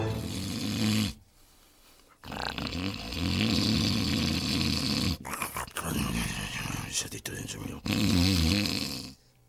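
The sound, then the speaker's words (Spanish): Loud, rasping snores of a sleeping wolf, several long growly breaths in a row with brief pauses between them, deep and rumbling with a rough, throaty texture. “El ronquido del señor lobo, que dormía a su lado.”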